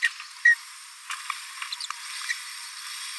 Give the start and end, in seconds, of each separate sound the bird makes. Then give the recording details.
0.03-0.08, 0.45-0.55, 1.30-1.31, 2.29-2.32. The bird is a male. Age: 22 days. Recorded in a nest box in Venezuela. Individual 17B42A3